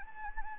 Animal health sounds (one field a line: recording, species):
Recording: mosquito wingbeat signal from an infrared sensor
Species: Anopheles gambiae